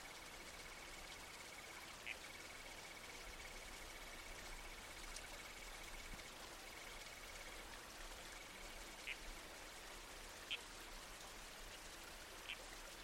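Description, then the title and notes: Red-crowned toadlet, short squelchy calls scattered at uneven gaps, set against a constant rush of creek water and a faint steady tone. Nighttime soundscape in the bush with a babbling creek and trees swaying in the wind, from a nocturnal-wildlife series supported by the Australian Museum. "Red-Crowned Toadlet. Nocturnal Worlds"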